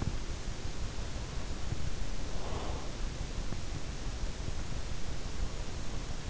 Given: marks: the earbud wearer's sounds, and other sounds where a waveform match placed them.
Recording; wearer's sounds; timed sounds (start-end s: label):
sounds in sleep by an in-ear microphone; breath
2.15-3.05 s: breath